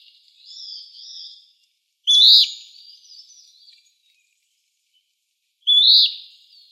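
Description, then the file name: Western wood-pewee calls, a faint burry note followed by two loud, sharp downslurred notes several seconds apart, with quiet gaps between. Arizona; recorded 27 July 2006. "WEWP 5 A deviche"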